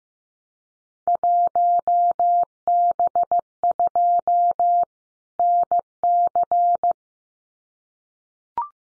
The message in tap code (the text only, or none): none